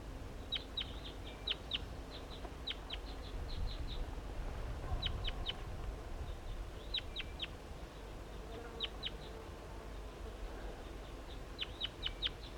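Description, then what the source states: Crossbill calls: many brief chip notes in loose clusters throughout, over a low rumble. Wild crossbill in trees near a net site by a creek, with pitch pines and white pines nearby.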